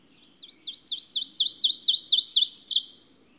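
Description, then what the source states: Ovenbird song: a rapid series of ringing teacher-like phrases that starts soft, builds steadily in force and finishes in a shrill flourish. Chant of teacher, teacher phrases, accent on the first syllable, each word uttered with increased force and shrillness, running into a shriek; described by naturalist John Burroughs.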